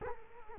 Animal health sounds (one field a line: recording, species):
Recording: mosquito wingbeat signal from an infrared sensor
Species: Culex quinquefasciatus